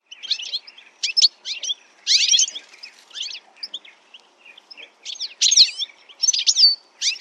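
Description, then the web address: Bird calls: quick bursts of high, sharp chirping and sweeping notes in irregular clusters, with brief pauses between groups. "Deverinetal. Bird Only"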